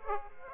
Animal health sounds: mosquito wingbeat signal from an infrared sensor; Aedes aegypti

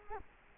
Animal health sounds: mosquito wingbeat signal from an infrared sensor; Culex quinquefasciatus

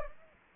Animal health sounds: mosquito wingbeat signal from an infrared sensor; Aedes aegypti

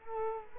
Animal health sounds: mosquito wingbeat signal from an infrared sensor; Culex quinquefasciatus

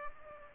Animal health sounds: mosquito wingbeat signal from an infrared sensor; Aedes aegypti

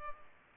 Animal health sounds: mosquito wingbeat signal from an infrared sensor; Culex pipiens

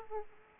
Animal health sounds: mosquito wingbeat signal from an infrared sensor; Aedes aegypti

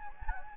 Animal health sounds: mosquito wingbeat signal from an infrared sensor; Anopheles gambiae

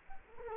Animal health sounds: mosquito wingbeat signal from an infrared sensor; Culex quinquefasciatus

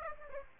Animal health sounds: mosquito wingbeat signal from an infrared sensor; Aedes aegypti

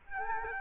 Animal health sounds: mosquito wingbeat signal from an infrared sensor; Culex quinquefasciatus

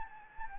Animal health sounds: mosquito wingbeat signal from an infrared sensor; Anopheles gambiae

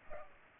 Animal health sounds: mosquito wingbeat signal from an infrared sensor; Aedes aegypti

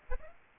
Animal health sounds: mosquito wingbeat signal from an infrared sensor; Aedes aegypti

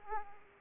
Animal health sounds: mosquito wingbeat signal from an infrared sensor; Aedes aegypti

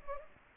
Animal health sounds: mosquito wingbeat signal from an infrared sensor; Anopheles gambiae

